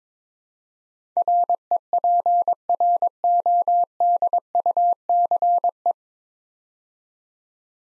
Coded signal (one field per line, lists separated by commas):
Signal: Morse code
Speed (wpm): 22 wpm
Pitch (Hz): 700 Hz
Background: none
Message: REPRODUCE